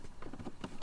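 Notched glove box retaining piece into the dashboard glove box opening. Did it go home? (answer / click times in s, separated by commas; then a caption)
yes / 0.8 s. A notched glove box retaining piece on a Subaru Ascent is worked up by feel into its slot behind the glove box opening in the dashboard during a cabin filter change. A series of short handling knocks and taps is heard before a sharp click at 0.8 s as the piece pops into place. It is seated and held firmly.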